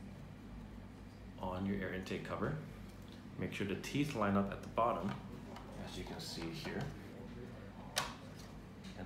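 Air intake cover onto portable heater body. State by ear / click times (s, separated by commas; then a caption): seated / 8.0 s. After the filter is put back, the plastic air intake cover of a Blaux energy-saving electric portable ceramic heater is lined up with its teeth at the bottom and pressed onto the heater body while someone talks. A single sharp click sounds at 8.0 seconds as the cover snaps flush into place, fully seated.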